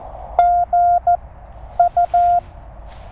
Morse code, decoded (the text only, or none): G U